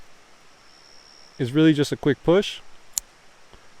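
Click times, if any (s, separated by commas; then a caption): 3.0 s. A metal pocket clip is pushed onto the body of an Olight H1 Nova headlamp flashlight with a quick push while someone talks. A single sharp click is heard at 3.0 s as the clip snaps in securely and is seated.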